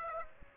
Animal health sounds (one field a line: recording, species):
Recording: mosquito wingbeat signal from an infrared sensor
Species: Aedes aegypti